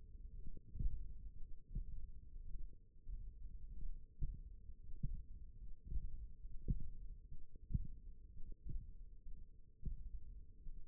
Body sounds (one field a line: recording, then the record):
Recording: forearm muscle sounds (acoustic myography)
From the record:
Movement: finger pinch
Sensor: system 1, eight BSWA MPA416 microphones around the upper forearm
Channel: 4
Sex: male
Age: 23 years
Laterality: right